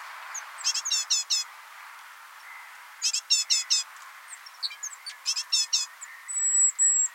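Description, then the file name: Great tit giving three separate rasping bursts, each of four quick notes, followed by a thin drawn-out high whistle near the end. "Parus major"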